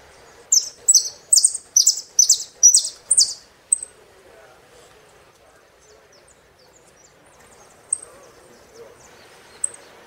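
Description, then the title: Saffron finch singing a quick series of several bright, slurred high phrases, then a long quiet with a few single thin notes. "Jilguero Argentino"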